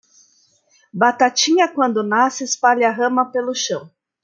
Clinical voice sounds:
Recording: short text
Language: Brazilian Portuguese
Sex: female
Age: 30 to 39 years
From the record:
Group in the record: control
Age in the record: 39 years

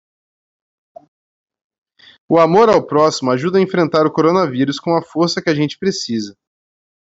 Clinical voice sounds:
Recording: spoken sentence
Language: Brazilian Portuguese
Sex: male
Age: 30 to 39 years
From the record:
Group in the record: control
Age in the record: 35 years

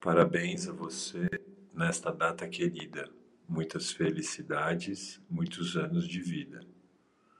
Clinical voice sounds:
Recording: short text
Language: Brazilian Portuguese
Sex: male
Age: 50 to 59 years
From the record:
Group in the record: control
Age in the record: 51 years

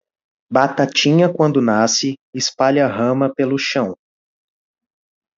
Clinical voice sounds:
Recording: short text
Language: Brazilian Portuguese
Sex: male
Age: 20 to 29 years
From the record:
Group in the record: control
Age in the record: 26 years

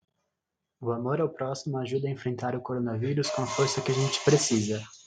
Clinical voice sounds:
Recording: spoken sentence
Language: Brazilian Portuguese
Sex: male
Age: 20 to 29 years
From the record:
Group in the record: control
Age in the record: 21 years

